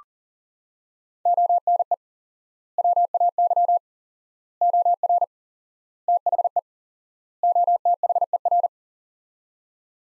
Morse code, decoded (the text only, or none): ONE WAY OR THE OTHER